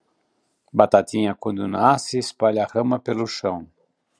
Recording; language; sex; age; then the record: short text; Brazilian Portuguese; male; 60 to 69 years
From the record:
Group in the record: control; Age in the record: 64 years